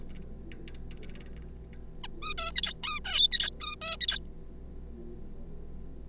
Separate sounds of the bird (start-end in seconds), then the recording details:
2.04-2.07, 2.22-2.34, 2.38-2.52, 2.56-2.73, 2.83-3.00, 3.05-3.28, 3.32-3.50, 3.60-3.75, 4.01-4.18. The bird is a juvenile. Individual R3549